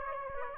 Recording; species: mosquito wingbeat signal from an infrared sensor; Aedes aegypti